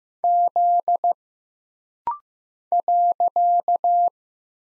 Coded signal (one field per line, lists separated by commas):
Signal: Morse code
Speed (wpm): 15 wpm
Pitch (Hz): 700 Hz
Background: none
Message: Z .